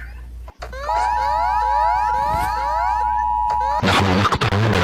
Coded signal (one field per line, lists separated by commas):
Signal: Emergency Alert System (SAME) tones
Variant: 853 and 960 Hz attention tone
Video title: RATING ALL EAS ALARMS (PART ONE)